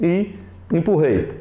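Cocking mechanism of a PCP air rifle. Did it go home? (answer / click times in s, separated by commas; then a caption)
no / none. A man talks while handling the cocking mechanism of a PCP Caçadora air carbine, having released the trigger safety that kept it from cocking, and starts pushing the mechanism. Only his voice is heard, and nothing has clicked or latched into place yet.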